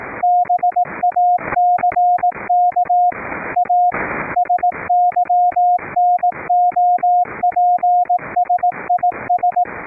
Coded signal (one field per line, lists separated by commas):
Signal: Morse code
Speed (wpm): 18 wpm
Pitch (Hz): 710 Hz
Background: radio noise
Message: BACK A SYNOPSIS